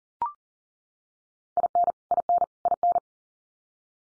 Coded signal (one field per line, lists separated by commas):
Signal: Morse code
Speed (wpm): 40 wpm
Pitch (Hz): 700 Hz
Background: none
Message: IN IN IN